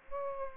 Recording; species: mosquito wingbeat signal from an infrared sensor; Aedes aegypti